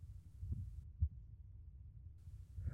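A few soft, dull low thumps stand out over a faint steady hum, spaced unevenly across under three seconds. They are an adult woman's heartbeats heard with an ear pressed to her chest, too few to give a reliable rate.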